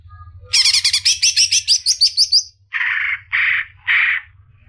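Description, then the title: Leafbird song: a rapid run of bright chirps, followed by three harsh, rasping notes spaced about half a second apart. "CUCAK IJO"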